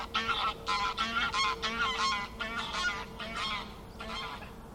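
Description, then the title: Goose: geese honk in quick, harsh bursts, several birds overlapping, with a steady low humming tone in the background. Flocks of geese in fields by the River Thame, England, UK, morning of 23 September 2023, excited by floodwater spread across the meadows. "Gaggles of geese, River Thame, England, UK."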